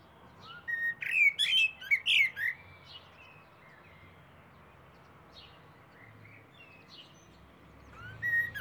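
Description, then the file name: Common blackbird sings a fluty phrase with high squeaky ending, long quiet gap, then starts another whistled phrase. "Turdus merula"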